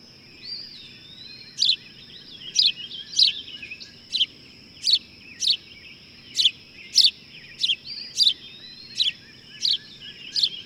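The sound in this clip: Bird song of crisp high chirps at a fairly even pace, with occasional soft slurred whistles and a constant high whine behind.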